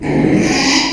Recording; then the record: squeal of a Yucatan mini pig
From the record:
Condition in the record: after surgery on the right vocal fold (resection and tissue-engineered implant); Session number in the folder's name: 2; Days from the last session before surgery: 13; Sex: male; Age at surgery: 12 weeks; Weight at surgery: 13 kg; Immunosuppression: cyclosporine, prednisolone